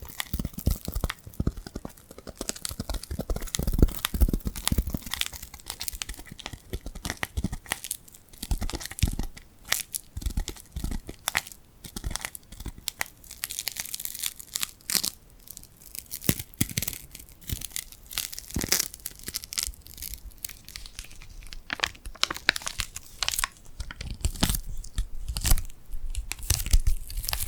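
Tingly glued hand sounds: sticky peeling and crackling as hands press together and pull apart. Dense, irregular bursts of bright tearing and crinkling crackle without pause across the whole stretch, with short soft thumps mixed in and no steady rhythm.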